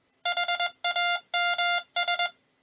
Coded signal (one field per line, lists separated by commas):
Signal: Morse code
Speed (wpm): 21 wpm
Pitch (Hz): 700 Hz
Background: none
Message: HAMS